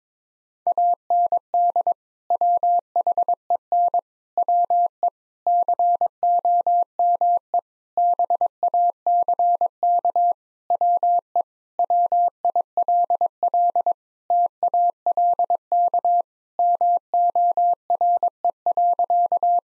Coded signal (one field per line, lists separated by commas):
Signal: Morse code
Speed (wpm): 22 wpm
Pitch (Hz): 700 Hz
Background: none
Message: AND WHEN WE COME BACK WE WILL TALK MORE.